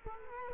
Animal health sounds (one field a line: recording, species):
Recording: mosquito wingbeat signal from an infrared sensor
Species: Culex quinquefasciatus